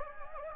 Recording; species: mosquito wingbeat signal from an infrared sensor; Anopheles gambiae